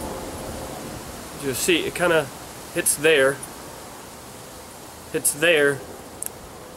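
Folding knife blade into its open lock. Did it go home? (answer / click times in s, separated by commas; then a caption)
yes / 6.3 s. Someone talks over a steady hiss as the blade of a San Ren Mu 605 folding knife is opened by hand, catches partway, then swings the rest of the way. At 6.3 s it locks into the open position with a single sharp tick. The blade is fully locked open.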